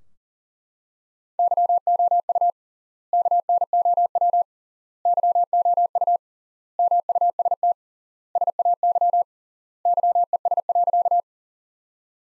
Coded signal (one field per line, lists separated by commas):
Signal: Morse code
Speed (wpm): 40 wpm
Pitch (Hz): 700 Hz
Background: none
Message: YOU KNOW YOU MUST SAY YES.